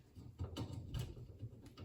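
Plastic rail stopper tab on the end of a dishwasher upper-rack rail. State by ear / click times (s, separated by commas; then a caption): not seated / none. A plastic rail stopper tab is slid down onto the end of a Frigidaire dishwasher's upper-rack rail, where it will keep the rack wheels from coming all the way out. Quiet plastic handling and scraping are heard, with a few soft knocks near 0.6, 0.9, 1.7 and 1.8 seconds. The clip ends before the tab locks, so nothing has seated or clicked yet.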